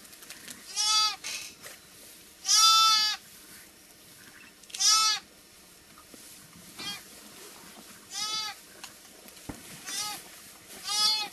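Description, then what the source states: Sheep bleats: a series of short bleats every few seconds, some loud and some faint. A lamb with its mother.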